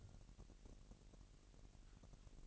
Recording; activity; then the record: daily activity, microphone in the room; take from stove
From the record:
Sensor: 4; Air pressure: 1002.9 hPa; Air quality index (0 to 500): 249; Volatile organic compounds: 12 ppm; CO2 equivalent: 2340 ppm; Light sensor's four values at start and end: 8/19/7/8 and 8/19/7/7